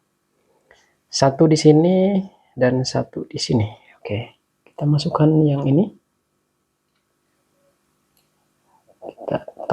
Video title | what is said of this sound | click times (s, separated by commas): MERUBAH BOR SATU ARAH JADI DUA ARAH ATAU BOLAK BALIK | Oke, sudah terkunci, kan? Terkunci. | 9.5 s, 9.7 s